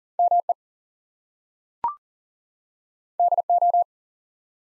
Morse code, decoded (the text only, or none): ME DO